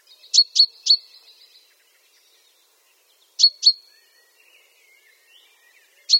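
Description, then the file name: Common chaffinch giving short sharp calls: a quick group of three, then a pair, then a single, with soft faint chirps in between. "Fringilla coelebs"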